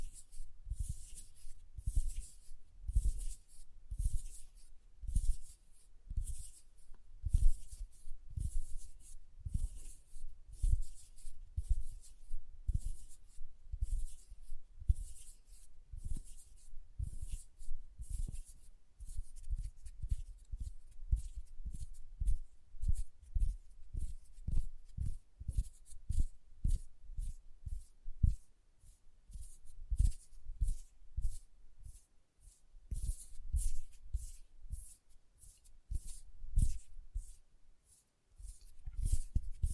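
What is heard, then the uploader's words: Hand sounds with nail tapping: quick, regular taps with a dull low thump and crisp top, speeding into denser runs near the end. ASMR Hand Sounds, Nail Tapping and Lotion Sounds.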